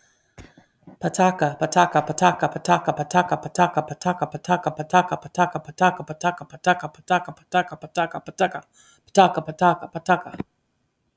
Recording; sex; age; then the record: repeated syllables /pa ta ka/; female; 40 to 49 years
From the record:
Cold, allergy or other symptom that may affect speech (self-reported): no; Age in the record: 47 years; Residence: North Carolina, United States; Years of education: 15